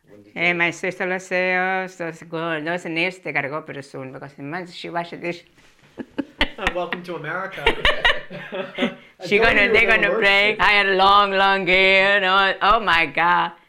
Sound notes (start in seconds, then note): 5.9 she laughs; 7.5 they laugh